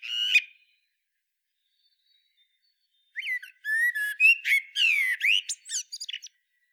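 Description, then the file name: Eurasian blackbird: a brief high note, a three-second pause, then a longer song phrase of mellow whistles mixed with sharp, squeaky high notes. "Turdus merula"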